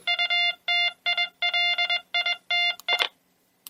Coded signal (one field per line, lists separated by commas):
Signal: Morse code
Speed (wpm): 21 wpm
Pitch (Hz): 2100 Hz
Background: none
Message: UTILITE